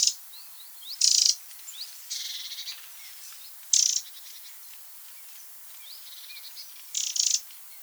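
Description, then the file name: Eurasian wren uttering several harsh, buzzy rattles at uneven intervals, with soft chirps and whistles in the background. "Troglodytes troglodytes"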